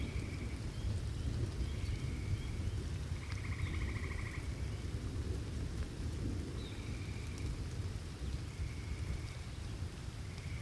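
Rain falls steadily on a spring night at a campsite, a dense, even patter over a deep, constant rumble. Every second or two a high, buzzing insect or frog trill rises above the rain and fades, repeating throughout.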